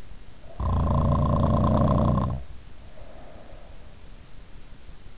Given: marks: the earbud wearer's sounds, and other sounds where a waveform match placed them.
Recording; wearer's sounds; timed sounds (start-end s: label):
sounds in sleep by an in-ear microphone; snoring breath
0.42-3.74 s: snoring breath